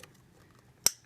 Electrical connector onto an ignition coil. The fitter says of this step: snap and this last one over here snap